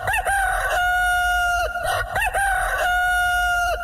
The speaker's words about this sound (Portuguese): Meu galinho canta aqui, né? E o galo da nossa vizinha canta lá longe também. O nosso galo canta com mais força, não é verdade?